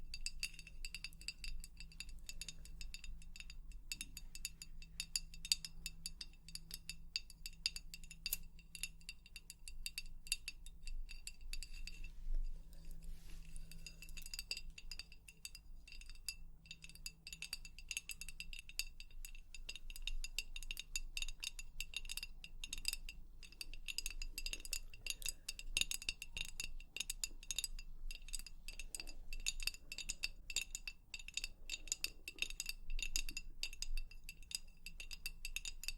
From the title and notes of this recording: ASMR 100% Tapping For SleepRelaxation (Long Nails).